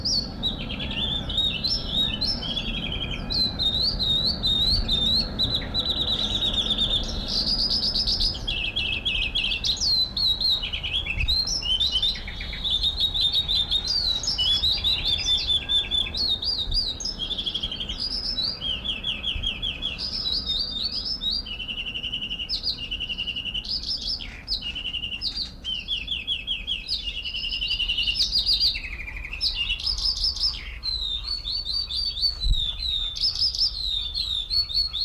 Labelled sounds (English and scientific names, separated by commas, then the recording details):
Azure Tit (Cyanistes cyanus)
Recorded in captivity
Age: adult
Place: Zoo Dresden, Sachsen, DE
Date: 1993-05-17
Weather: fair, 22-26 °C
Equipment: Sony WM-D6C, Sennheiser ME 80, Kopie Uher Variocord 263
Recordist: Tembrock, Günter